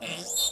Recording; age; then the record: pig call; piglet (1 to 25 days)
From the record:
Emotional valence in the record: negative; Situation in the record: castration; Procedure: castration, fixation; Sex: male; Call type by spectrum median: high-frequency call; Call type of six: mixed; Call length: 0.52 s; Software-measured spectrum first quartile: 3259 Hz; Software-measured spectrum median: 5381 Hz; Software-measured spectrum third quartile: 8040 Hz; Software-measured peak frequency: 3661 Hz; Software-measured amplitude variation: 104 dB a second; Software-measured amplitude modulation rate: 20.2 a second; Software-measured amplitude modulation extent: 5.1 dB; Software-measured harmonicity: 5.6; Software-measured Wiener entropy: -2.73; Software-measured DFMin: 1192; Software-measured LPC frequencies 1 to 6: 626, 2742, 3632, 4191, 5380, 7311 Hz